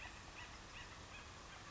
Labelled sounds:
Acorn Woodpecker (Melanerpes formicivorus)
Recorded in Sonoma County, California

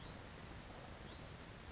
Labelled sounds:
Hutton's Vireo (Vireo huttoni)
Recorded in Sonoma County, California

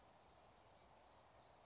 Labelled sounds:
California Towhee (Melozone crissalis)
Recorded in Sonoma County, California

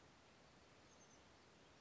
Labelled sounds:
Oak Titmouse (Baeolophus inornatus)
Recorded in Sonoma County, California

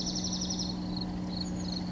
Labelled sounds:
Chestnut-backed Chickadee (Poecile rufescens)
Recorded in Sonoma County, California

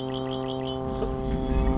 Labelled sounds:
Red-winged Blackbird (Agelaius phoeniceus)
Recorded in Sonoma County, California

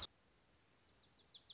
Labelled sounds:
Wilson's Warbler (Cardellina pusilla)
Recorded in Sonoma County, California

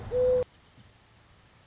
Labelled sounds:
Song Sparrow (Melospiza melodia)
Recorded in Sonoma County, California

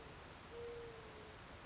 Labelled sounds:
Mourning Dove (Zenaida macroura)
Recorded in Sonoma County, California

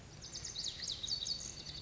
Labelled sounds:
Lazuli Bunting (Passerina amoena)
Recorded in Sonoma County, California

